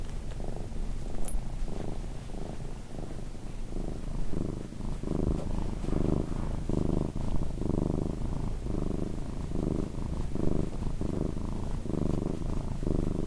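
Cat purr, a continuous low throbbing rumble with regular breath pulses and a faint brief click early on.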